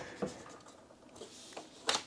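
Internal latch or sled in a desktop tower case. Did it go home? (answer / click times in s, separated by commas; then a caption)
yes / 1.9 s. A component of an old Mac Pro desktop tower, an internal latch or sled, is pushed back into the case with quiet rubbing and scraping and two small clicks at about 0.2 and 1.6 seconds. A loud, sharp click at 1.9 seconds marks the part locking into place. No one talks.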